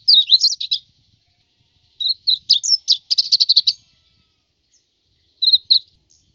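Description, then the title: White-eye song: high, scratchy twittering bursts, the middle phrase ending in a quick buzzy rattle, followed by a short final twitter. "Plecir3un. Suara burung pleci"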